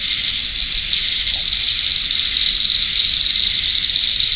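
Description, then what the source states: Many crickets chirping together as an even, unbroken high buzzing trill throughout. Near a pond in a forest wildlife management area.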